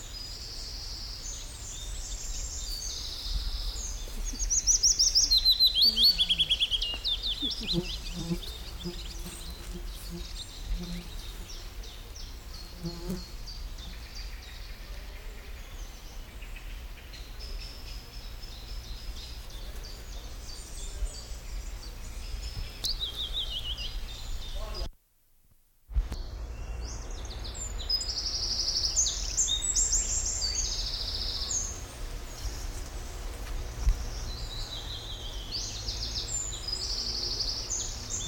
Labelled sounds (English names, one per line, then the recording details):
Eurasian Wren
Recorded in the wild
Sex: male
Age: adult
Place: Kremmen, Brandenburg, DE
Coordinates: 52.76, 13.03
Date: 1995-06-03 12:09
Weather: heiter, 18°C
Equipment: Marantz CP 430, Sennheiser ME 80, Kopie Uher 4000 Report Monitor
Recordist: Tembrock, Günter